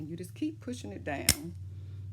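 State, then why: Not seated. Someone talks while pushing the locking washer of a plastic doll joint down onto the joint post in the doll's fabric body to attach the doll's head. A brief sharp sound occurs around 1.3 s, but the washer has not snapped into place; nothing has seated or clicked yet.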